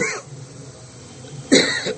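Two short, harsh coughs from an adult come about half a second apart after a quiet stretch, each a sudden noisy burst that fades quickly. It is a plain dry-sounding cough, with faint room noise in the background.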